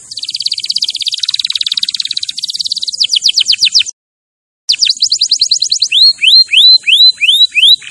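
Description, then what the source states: Canary song: a dense buzzy trill, then quick notes, a short silence, more rapid trills and slower rising whistled phrases. Champion canary song used as a master recording for training other birds.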